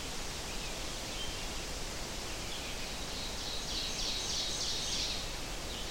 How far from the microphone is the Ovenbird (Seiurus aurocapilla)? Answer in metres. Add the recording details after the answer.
about 45 m. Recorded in boreal forest in Alberta, Canada, on 12 June 2016 at 05:44. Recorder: SongMeter 3, array SBT-3-18. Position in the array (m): 151 m, 225 m. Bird 30